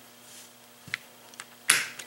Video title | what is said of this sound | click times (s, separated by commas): Ruger LC9 Conversion Kit | You heard it snap in, and then it goes forward and holds. | 1.7 s